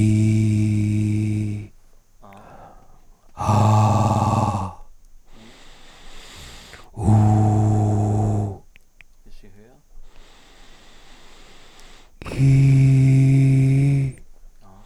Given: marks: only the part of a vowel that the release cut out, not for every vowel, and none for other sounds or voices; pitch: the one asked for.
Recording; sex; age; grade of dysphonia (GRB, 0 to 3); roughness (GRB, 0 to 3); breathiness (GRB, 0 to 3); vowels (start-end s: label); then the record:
sustained vowels; male; 40 to 49 years; 2; 1; 2
0.00-1.20 s: vowel /i/, normal pitch
3.51-4.42 s: vowel /a/, normal pitch
7.14-8.25 s: vowel /u/, normal pitch
12.44-13.99 s: vowel /i/, high pitch
From the record:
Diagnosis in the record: recurrent laryngeal nerve paralysis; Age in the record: 48 years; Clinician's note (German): Links intermediär schlaff, keine Kompensation, ausgeprägte Dysphonie